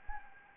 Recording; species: mosquito wingbeat signal from an infrared sensor; Anopheles gambiae